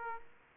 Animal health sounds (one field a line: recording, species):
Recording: mosquito wingbeat signal from an infrared sensor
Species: Aedes aegypti